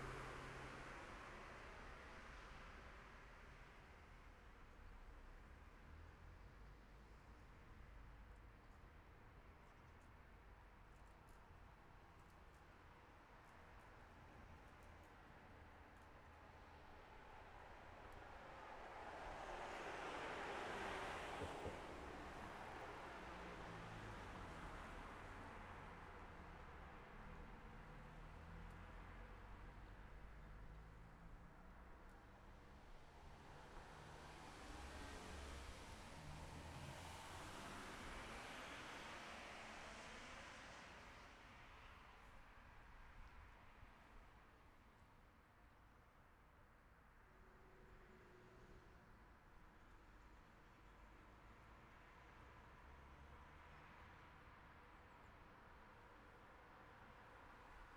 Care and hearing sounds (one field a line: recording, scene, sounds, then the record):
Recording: everyday scene through a hearing-aid microphone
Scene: in traffic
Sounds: traffic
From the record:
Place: city secondary road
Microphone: behind the ear, left, rear